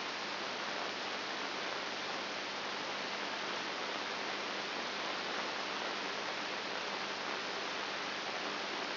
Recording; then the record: brain microelectrode recording played as sound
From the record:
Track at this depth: inside the subthalamic nucleus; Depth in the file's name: 4.301 mm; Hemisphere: right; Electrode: 2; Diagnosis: Parkinson's disease